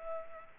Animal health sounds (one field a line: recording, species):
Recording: mosquito wingbeat signal from an infrared sensor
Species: Culex pipiens